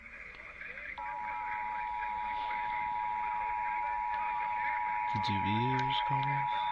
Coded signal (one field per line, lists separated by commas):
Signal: Emergency Alert System (SAME) tones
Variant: 853 and 960 Hz attention tone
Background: speech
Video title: CLOSING OUT 2025... EAS Tests from December 2025 (EAS #6,516 - 6,535)